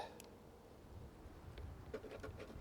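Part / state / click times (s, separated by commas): barrel clamping lever on rifle receiver / not seated / none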